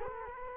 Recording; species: mosquito wingbeat signal from an infrared sensor; Culex quinquefasciatus